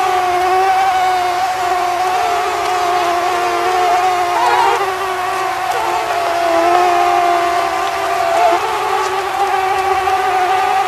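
Mosquito whining without a break, a steady drone with slightly shifting pitch.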